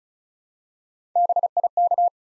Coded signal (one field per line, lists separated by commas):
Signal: Morse code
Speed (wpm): 36 wpm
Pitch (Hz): 700 Hz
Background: none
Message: BIK